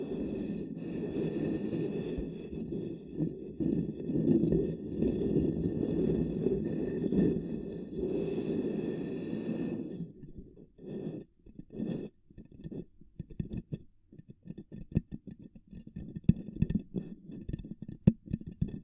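Ear cupping triggers: for the first ten seconds, hands press over the microphone in a steady, dense, muffled rumble with a faint hiss on top. After that the sound breaks into irregular cupping pats and soft scrapes, separated by brief near-silences.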